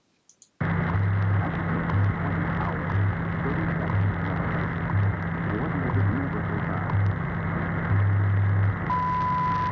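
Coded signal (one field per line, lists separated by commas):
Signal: radio time signal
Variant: WWV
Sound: shortwave hiss with a low hum in pulses, then a long high beep at the end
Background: radio static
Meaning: The long 1000 Hz tone marks the start of a new minute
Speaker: WWV time signal on 20 mahz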